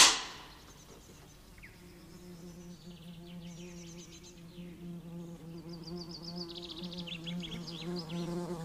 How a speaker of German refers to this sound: Weg da! Es ist Wespenhochsaison.